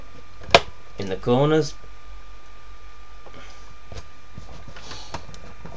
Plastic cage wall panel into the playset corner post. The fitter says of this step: they snap into place in